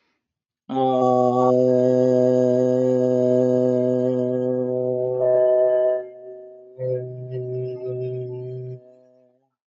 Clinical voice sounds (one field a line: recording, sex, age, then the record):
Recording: vowel held as long as possible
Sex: male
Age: 20 to 29 years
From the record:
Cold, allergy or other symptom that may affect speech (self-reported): no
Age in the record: 25 years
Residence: Ohio, United States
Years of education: 17